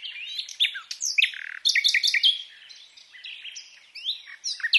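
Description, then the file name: Common nightingale song as a jumble of varied chirps, slurred whistles and squeaky notes in quick succession, with no long repeated run. "Luscinia megarhynchos"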